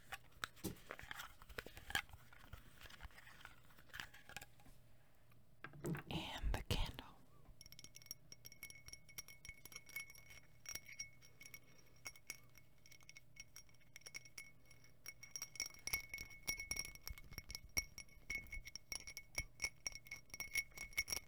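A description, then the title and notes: Glass sounds: light clinks and taps with short ringing tones, first scattered and soft, then a louder rustling burst near six to seven seconds. After that, rapid small clinks come densely and continuously over a faint low hum. ASMR Four Candles and Two Lighters. Glass sounds.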